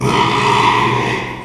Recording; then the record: squeal of a Yucatan mini pig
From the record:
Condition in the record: after surgery on the right vocal fold (resection and tissue-engineered implant); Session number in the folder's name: 1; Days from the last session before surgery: 6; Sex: male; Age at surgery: 12 weeks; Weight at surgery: 13 kg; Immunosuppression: cyclosporine, prednisolone